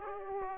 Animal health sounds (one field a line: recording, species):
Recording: mosquito wingbeat signal from an infrared sensor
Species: Aedes aegypti